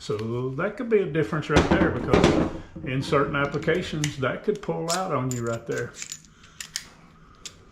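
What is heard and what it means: Someone talks for most of the clip while a driver bit is pushed into the tight magnetic socket of a 4-in-1 installation driver, one of a Milwaukee and DeWalt pair. After the talking stops, a few small clicks follow, and the bit snaps firmly into the magnetic holder at 6.8 s with a sharp click. A fainter click comes at 7.5 s.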